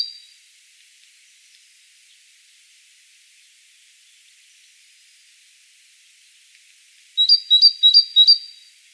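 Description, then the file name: Great tit: long stretch of faint hiss, then near the end a single rapid run of four ringing, high-pitched two-note units. "Parus major"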